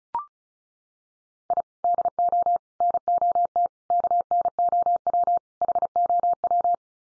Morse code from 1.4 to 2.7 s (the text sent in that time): I DO